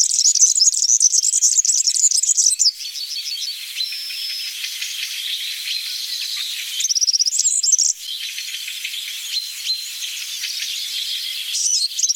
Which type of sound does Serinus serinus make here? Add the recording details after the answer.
song. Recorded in the wild. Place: Oberrotweil am Kaiserstuhl, Baden-Württemberg, DE. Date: 1980-06-14. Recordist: Schwarz, Dieter